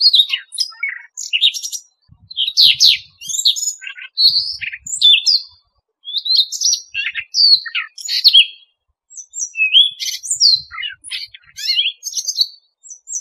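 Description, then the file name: Siberian rubythroat song: a fast, varied warble of high, sweet whistles, trills and scratchy notes in bursts of about a second, with short pauses and faint low thumps beneath. "Tieng chim oanh co do"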